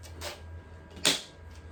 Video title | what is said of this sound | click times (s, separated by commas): Replacing my Gas Honda lawn mower with Ego Lawn Mower: Unboxing & First Impressions | Listen to that snap. Snaps right in. | 1.1 s